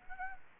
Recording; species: mosquito wingbeat signal from an infrared sensor; Anopheles gambiae